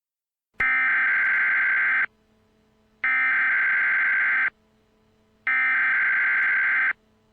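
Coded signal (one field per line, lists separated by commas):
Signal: Emergency Alert System (SAME) tones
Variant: header bursts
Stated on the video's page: Fan-made fictional EAS scenario, not intended for broadcast.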